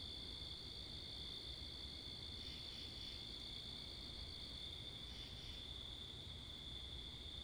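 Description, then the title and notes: A constant high-pitched cricket trill fills the background, with two brief swelling bursts, against a low rumble of cars and wind. Wakefield, Rhode Island, 10 October 2021, 11:35pm, night; recorded facing northeast with two Rode NTG-3 shotgun mics on a Sound Devices MixPre 10ii; crickets with cars and wind. "Oct 10th 2021 11:35pm Wakefield, Rhode Island. Crickets, Cars, and Wind"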